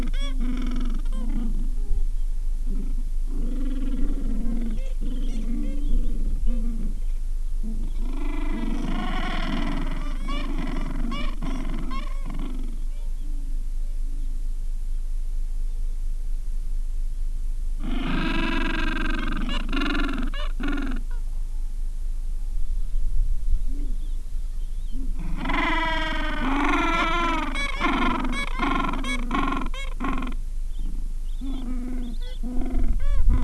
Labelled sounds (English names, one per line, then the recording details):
Gentoo Penguin
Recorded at the colony at Ocean Harbour, on 7 January 2016
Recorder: Song Meter SM2+